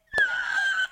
The world's cutest snore. It's a hummingbird snoring. They just discovered this in Peru.